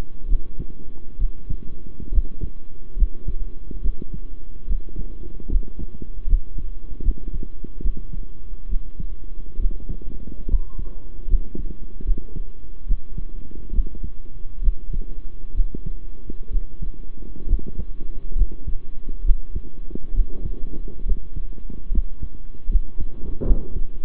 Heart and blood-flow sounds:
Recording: heart sounds by stethoscope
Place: between the tricuspid and mitral areas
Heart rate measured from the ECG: 70 bpm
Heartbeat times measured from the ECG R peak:
0.28 s: heartbeat
1.18 s: heartbeat
2.11 s: heartbeat
2.96 s: heartbeat
3.82 s: heartbeat
4.67 s: heartbeat
5.49 s: heartbeat
6.27 s: heartbeat
7.02 s: heartbeat
7.82 s: heartbeat
8.68 s: heartbeat
9.59 s: heartbeat
10.47 s: heartbeat
11.27 s: heartbeat
12.04 s: heartbeat
12.86 s: heartbeat
13.72 s: heartbeat
14.61 s: heartbeat
15.54 s: heartbeat
16.50 s: heartbeat
17.47 s: heartbeat
18.35 s: heartbeat
19.23 s: heartbeat
20.13 s: heartbeat
21.05 s: heartbeat
21.91 s: heartbeat
22.68 s: heartbeat
23.44 s: heartbeat
From the record:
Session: rest, sitting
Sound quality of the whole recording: good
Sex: male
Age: 23 years

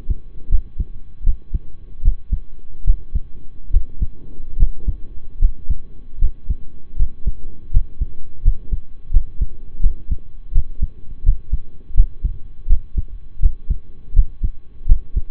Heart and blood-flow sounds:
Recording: heart sounds by stethoscope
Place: between the tricuspid and mitral areas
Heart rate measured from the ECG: 79 bpm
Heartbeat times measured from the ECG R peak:
0.49 s: heartbeat
1.23 s: heartbeat
2.02 s: heartbeat
2.84 s: heartbeat
3.71 s: heartbeat
4.57 s: heartbeat
5.39 s: heartbeat
6.19 s: heartbeat
6.96 s: heartbeat
7.71 s: heartbeat
8.42 s: heartbeat
9.11 s: heartbeat
9.80 s: heartbeat
10.52 s: heartbeat
11.23 s: heartbeat
11.94 s: heartbeat
12.67 s: heartbeat
13.40 s: heartbeat
14.13 s: heartbeat
14.86 s: heartbeat
From the record:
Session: rest, lying down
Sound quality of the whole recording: partially saturated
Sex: male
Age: 25 years

